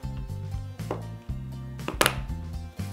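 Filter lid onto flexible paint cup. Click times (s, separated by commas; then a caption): 2.0 s, 2.1 s. A lid with a built-in filter is pressed onto a flexible paint preparation cup over steady background music. Its two clips snap home with sharp clicks at 2.0 and 2.1 seconds, and the lid is seated and checked around the side to make sure it is sealed.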